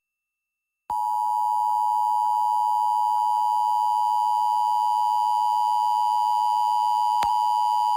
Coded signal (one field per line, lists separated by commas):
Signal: Emergency Alert System (SAME) tones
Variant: 853 and 960 Hz attention tone